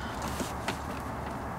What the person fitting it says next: you should hear a nice satisfying click like I did there